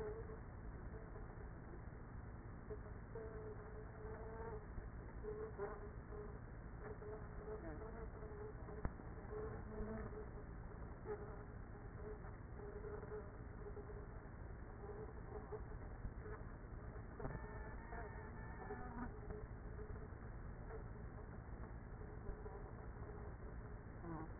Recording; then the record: honeybee colony, microphone inside the hive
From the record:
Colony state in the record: queenless with a low population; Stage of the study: after two queens were removed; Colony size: about 30,000 bees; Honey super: no